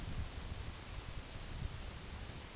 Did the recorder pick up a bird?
no